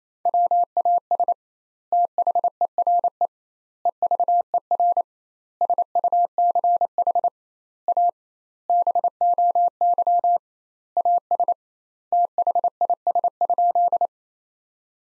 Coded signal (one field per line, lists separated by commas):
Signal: Morse code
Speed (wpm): 28 wpm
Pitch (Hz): 700 Hz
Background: none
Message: WAS THERE EVER SUCH A BOY AS THIS?